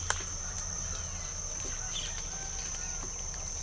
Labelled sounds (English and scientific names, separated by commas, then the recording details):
none
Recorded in pastures near Puerto Asís, Putumayo, Colombia, on 22 December 2024 at 06:30
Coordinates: 0.497, -76.327
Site G088